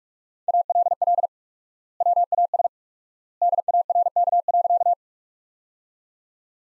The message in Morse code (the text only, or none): ALL WAS DARK.